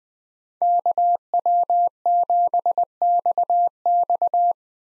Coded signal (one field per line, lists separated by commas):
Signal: Morse code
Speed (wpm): 20 wpm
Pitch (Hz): 700 Hz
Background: none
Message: KW7XX